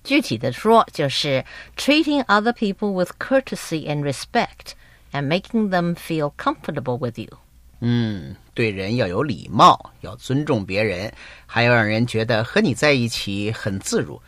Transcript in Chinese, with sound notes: M：具体地说就是 treating other people with courtesy and respect and making them feel comfortable with you.
C：嗯， (若有所思地) 对人要有礼貌，要尊敬别人，还要让人觉得和你在一起很自如。